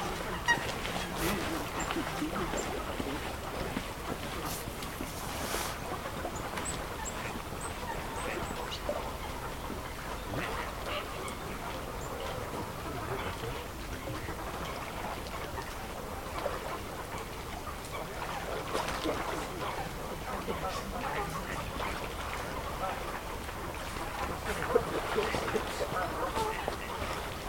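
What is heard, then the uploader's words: Wildfowl call across a misty winter marsh, their honks and quacks overlapping in a busy, steady chorus with no single bird standing out. Brief sharper calls break through every few seconds, notably near the start and around twenty-five seconds, over a soft low rumble. The soothing calls of wildfowl through the mist on the Avalon Marshes. It's a wintry afternoon on the Somerset Levels. In the pre-dusk light, you watch as a thin mist evolves from the reeds and settles on the ice. Undeterred by the by the frigid conditions are coots int their scores. Recorded by Daniel Graham.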